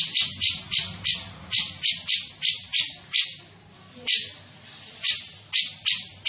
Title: Cucak Jenggot Gacor, Suara Rapat Dan Jernih